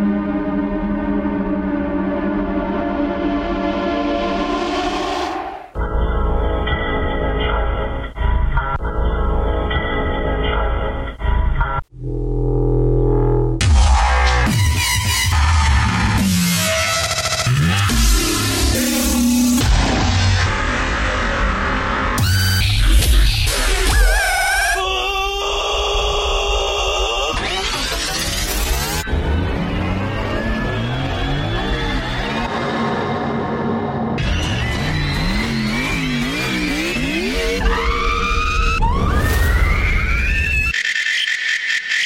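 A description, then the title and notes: A night-time temple visit sounds like a dense, constantly shifting wash of ringing tones with abrupt cuts every few seconds. A steady drone opens, then clattering layers, sweeping pitch glides and bright whistles follow, staying loud with one brief drop near twelve seconds. Elevator Shaft Temple. Temple visit at night, a hallway with multiple turns leading to separate elevator shafts.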